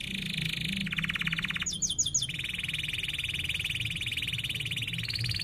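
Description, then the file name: Canary delivering a long, steady rolling trill, briefly interrupted by a quick set of sharp, rising notes. Canary described as energetic singing (gacor), with chirping and sharp rolling trills (ngerol tajam). "Suara Kenari Gacor Cuit Cuit Ngerol Tajam"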